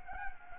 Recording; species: mosquito wingbeat signal from an infrared sensor; Anopheles gambiae